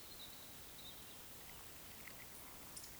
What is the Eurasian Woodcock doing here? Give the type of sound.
whistle, croak